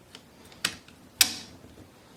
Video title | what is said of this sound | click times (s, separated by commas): Tiberius T15 disassembly and assembly | you pull back in the ad ring you hear it snap in place | 1.2 s